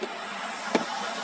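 A plastic glovebox on a Toyota Sienta is pushed straight into the dashboard until it goes home, since its upper lock is tapered. Over a steady hiss, a single knock lands at 0.75 s. The glovebox is seated and installed.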